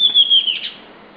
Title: LuckyPassaro Completos2Sama. Southern Chestnut-tailed Antbird (Myrmeciza hemimelaena pallens)